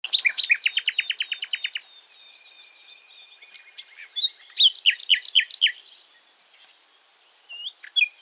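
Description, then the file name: Common nightingale song starting with a fast, loud rattle of repeated notes, then soft whistles, a run of sharp chirped notes, and brief closing calls. "Luscinia megarhynchos"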